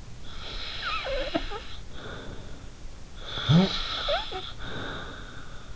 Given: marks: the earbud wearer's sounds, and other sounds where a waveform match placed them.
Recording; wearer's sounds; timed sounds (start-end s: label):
sounds in sleep by an in-ear microphone; snoring breath
0.19-2.58 s: snoring breath
3.23-5.73 s: snoring breath